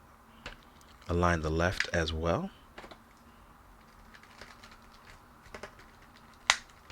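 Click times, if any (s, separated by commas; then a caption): 6.5 s. Someone talks briefly, then aligns and presses the left-side plastic piece into a Storm Collectibles Kengan Ashura Kure Raian action figure as faint small ticks and handling sounds are heard. A loud, sharp snap at 6.5 s marks the piece seating in place.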